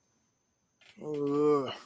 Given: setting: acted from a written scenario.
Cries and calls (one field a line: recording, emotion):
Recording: vocal sound without words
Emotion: disappointment